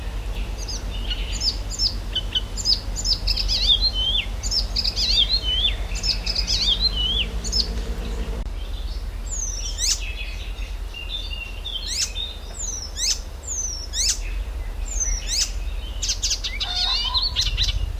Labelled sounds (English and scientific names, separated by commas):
Icterine Warbler (Hippolais icterina)